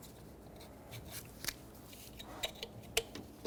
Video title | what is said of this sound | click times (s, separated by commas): How to Replace Ignition Coils 2003-2008 Subaru Forester | you slide this in, you want to make sure it clicks. | 3.0 s